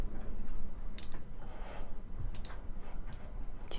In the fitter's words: Kilitlendi. Gördünüz mü?